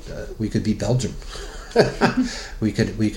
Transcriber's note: laughs